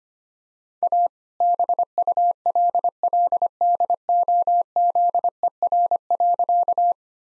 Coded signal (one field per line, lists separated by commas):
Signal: Morse code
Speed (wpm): 25 wpm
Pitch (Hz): 700 Hz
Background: none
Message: A BULLDOZER.